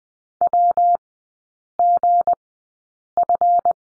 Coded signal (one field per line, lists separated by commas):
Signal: Morse code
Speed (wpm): 19 wpm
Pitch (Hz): 700 Hz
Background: none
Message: WGF